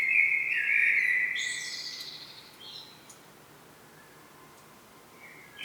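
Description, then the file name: Common blackbird singing a fluted warble that breaks into high, thin twittering, then quiet until a new phrase begins. "Turdus merula"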